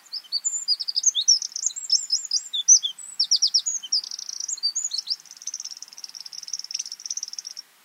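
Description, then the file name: Eurasian wren song, a loud rapid stream of high trills and twitters running almost eight seconds, ending in a long dry rattling trill. "Troglodytes troglodytes"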